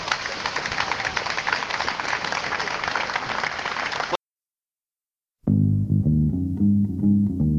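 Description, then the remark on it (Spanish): A crowd at a social-movement gathering claps in loud, dense, sustained applause for about four seconds, then it cuts off abruptly; after a second of silence, music begins. “Yo creo que nos vamos a dar otro fuerte aplauso, que nos lo merecemos, y eso es.”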